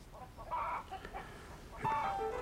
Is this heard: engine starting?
no